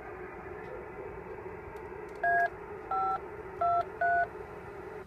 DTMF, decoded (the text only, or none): A523